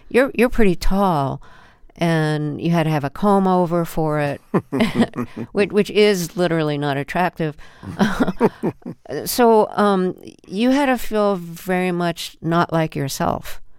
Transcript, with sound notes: You're pretty tall, and you had to have a comb-over for it, which is literally not attractive.
(LAUGHTER)
So you had to feel very much not like yourself.